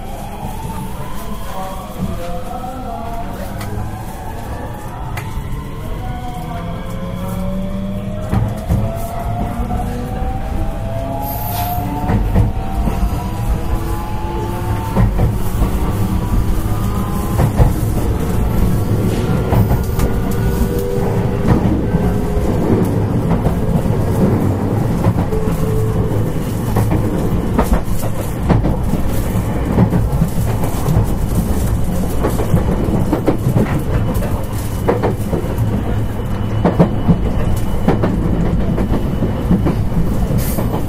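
A JR West Series 223 electric train running, with a dense, steady low rumble throughout. Rising motor whine tones climb in pitch over the first twenty seconds as the train accelerates, then settle into a constant drone, with scattered clicks and rattles from the wheels.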